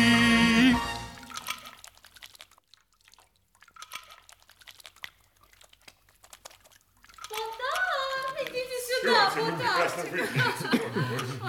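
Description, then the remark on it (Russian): Water patters and drips in soft, irregular splashes as people wash their hands during a quiet stretch, framed by voices before and after, with giggling and chuckling as the talk picks up again. “Мы моем руки, моем руки. Мы моем руки, хотя они совершенно не были грязны.”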